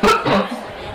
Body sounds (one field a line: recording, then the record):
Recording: coughing mixed with background sound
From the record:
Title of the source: Barking cough - # 10